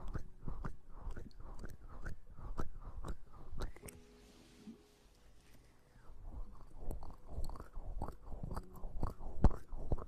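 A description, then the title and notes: Wet oil massage sounds: quick slippery slaps and squelches repeat in uneven bursts, with crisp clicks riding over a soft, low body. Around the middle the handling pauses for two seconds, leaving a faint steady hum before the rhythm resumes. TimASMR- Tingly Oil Massage.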